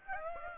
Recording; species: mosquito wingbeat signal from an infrared sensor; Aedes aegypti